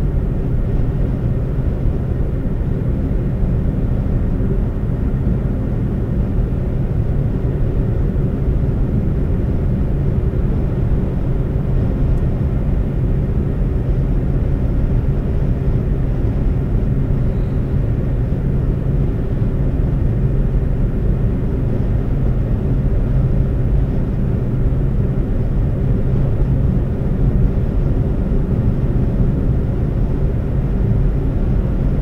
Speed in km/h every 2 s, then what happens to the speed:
122, 124, 124, 124, 126, 126, 127, 127, 127, 127, 127, 127, 127, 127, 127, 127.
0-32 steady at about 127.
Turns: none.